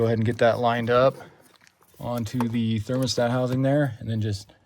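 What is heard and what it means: Someone talks while lining up a radiator hose quick-disconnect coupling onto the thermostat housing of a Ford 6.7 diesel during a thermostat replacement. The clip ends before the fitting is pushed down, and nothing has seated or clicked yet.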